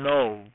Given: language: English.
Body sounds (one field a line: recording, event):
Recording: throat vibration sensor signal played as sound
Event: speech